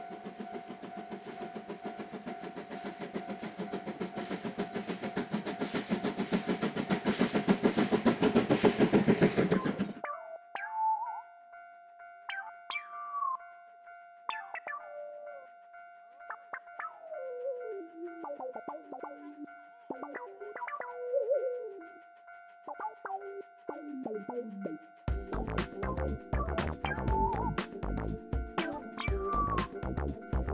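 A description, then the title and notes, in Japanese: A steam locomotive train passes with a dense, roaring rush of noise and a steady high whistle tone for the first ten seconds. Quieter stretch follows with sharp squeals and whines, then rapid rhythmic chuffing bursts return near the end. 2004年秋にJR磐越東線で運行された「SLあぶくま号」です。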